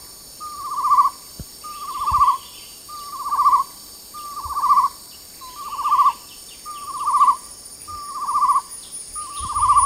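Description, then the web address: Chestnut-necklaced partridge giving a steady series of whistled notes that build louder in each phrase, about eight phrases, with constant high-pitched insect drone behind. Recorded at Danum on 8 August 2009. "DANUM. chestnut-necklaced hill partridge"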